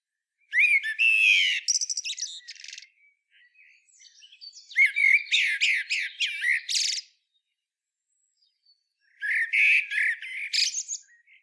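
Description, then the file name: Common blackbird song: three separate phrases, each opening with low fluted warbling and ending in a high, squeaky twittering flourish, with pauses between phrases. "Turdus merula"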